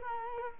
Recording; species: mosquito wingbeat signal from an infrared sensor; Culex quinquefasciatus